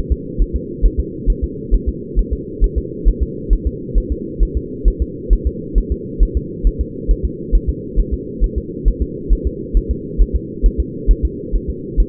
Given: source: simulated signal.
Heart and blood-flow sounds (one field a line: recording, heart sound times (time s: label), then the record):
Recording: fetal heart sounds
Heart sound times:
0.12 s: S2
0.42 s: S1
0.56 s: S2
0.86 s: S1
1.00 s: S2
1.30 s: S1
1.44 s: S2
1.75 s: S1
1.89 s: S2
2.19 s: S1
2.33 s: S2
2.64 s: S1
2.78 s: S2
3.09 s: S1
3.22 s: S2
3.53 s: S1
3.67 s: S2
3.98 s: S1
4.12 s: S2
4.43 s: S1
4.57 s: S2
4.88 s: S1
5.02 s: S2
5.33 s: S1
5.47 s: S2
5.78 s: S1
5.92 s: S2
6.23 s: S1
6.37 s: S2
6.67 s: S1
6.81 s: S2
7.11 s: S1
7.25 s: S2
7.55 s: S1
7.69 s: S2
7.99 s: S1
8.14 s: S2
8.44 s: S1
8.58 s: S2
8.88 s: S1
9.02 s: S2
9.33 s: S1
9.47 s: S2
9.77 s: S1
9.91 s: S2
10.22 s: S1
10.36 s: S2
10.66 s: S1
10.80 s: S2
11.11 s: S1
11.25 s: S2
11.56 s: S1
11.70 s: S2
12.00 s: S1
From the record:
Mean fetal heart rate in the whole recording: 135 bpm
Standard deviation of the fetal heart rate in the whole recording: 3 bpm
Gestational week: 36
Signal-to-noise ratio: -4.1 dB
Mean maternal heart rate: no maternal heart sound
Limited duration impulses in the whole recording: absent